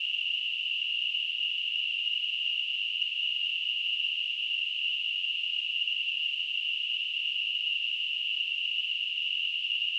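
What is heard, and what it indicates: A steady, high-pitched hiss, like a narrow band of noise, holds unchanged for the full ten seconds with no pulsing or breaks. It is a simulated tinnitus sound, imitating the constant ringing or hissing a person with tinnitus hears without any outside source.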